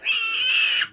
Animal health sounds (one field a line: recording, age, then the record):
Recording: pig call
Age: piglet (1 to 25 days)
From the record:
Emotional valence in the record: negative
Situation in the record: restrain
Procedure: sham castration, fixation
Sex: male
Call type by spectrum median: high-frequency call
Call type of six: high-frequency modulated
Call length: 0.93 s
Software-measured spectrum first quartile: 2702 Hz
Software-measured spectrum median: 3500 Hz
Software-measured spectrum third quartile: 6482 Hz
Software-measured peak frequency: 2636 Hz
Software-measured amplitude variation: 113 dB a second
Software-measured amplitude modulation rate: 25.4 a second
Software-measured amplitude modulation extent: 4.4 dB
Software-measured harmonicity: 6.0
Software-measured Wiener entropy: -2.54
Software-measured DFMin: 1110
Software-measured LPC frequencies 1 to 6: 1534, 2641, 3058, 4489, 5441, 6160 Hz